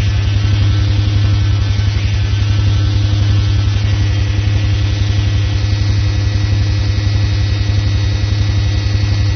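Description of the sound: Steady low rumbling hum, engine-like and faintly pulsing, simulating low-pitched tinnitus.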